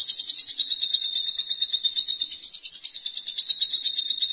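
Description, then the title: Lovebird song: a steady, high, rapid chattering trill that pulses in a fast, even rhythm without a break. "BM Suara Burung Lovebird"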